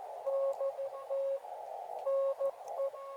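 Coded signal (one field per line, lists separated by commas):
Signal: Morse code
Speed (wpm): 14 wpm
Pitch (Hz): 550 Hz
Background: radio noise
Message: DT NE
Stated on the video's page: Outdoor field CW at a ranch, QRP with an Elecraft KX2 and a Packtenna.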